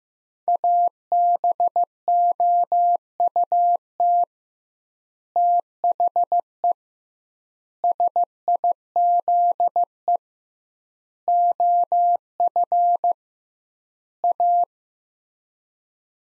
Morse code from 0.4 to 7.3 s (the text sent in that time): ABOUT THE